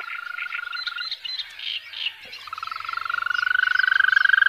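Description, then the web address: European green toad trill, a rapid, even, purring run of pulses that grows louder, after a shorter trill and some brief choppy calls. "Tajemnice puszczy Ropucvha zielona"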